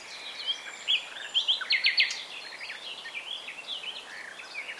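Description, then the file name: Common nightingale song phrase with a quick rattling trill in the middle, then scattered chirps and whistles. "Luscinia megarhynchos"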